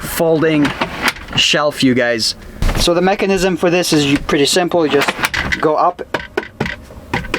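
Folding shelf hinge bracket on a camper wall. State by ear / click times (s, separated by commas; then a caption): seated / 7.3 s. A folding shelf hinge bracket on a camper wall is raised by hand while someone talks. There are sharp knocks around 6.4–6.7 s, and the bracket clicks as it locks in the raised position at 7.3 s.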